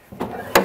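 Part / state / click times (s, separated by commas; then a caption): hood hold-open latch on the van body / seated / 0.6 s. The hood of a Winnebago Revel van on a Mercedes chassis is lifted, with a faint rising creak and shuffle from about 0.1 s. A sharp, bright click at 0.6 s marks the hood hold-open latch on the left side of the van body engaging. The latch holds the hood up.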